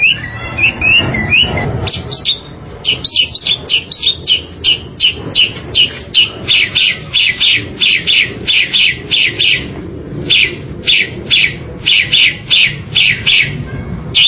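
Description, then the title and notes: Bali myna song: a few twisting whistled notes, then a long run of harsh, clipped chattering notes. "Jalak Bali. Kicau Burung Jalak"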